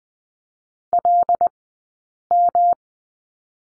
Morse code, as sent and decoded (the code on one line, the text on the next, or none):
.-.. --
LM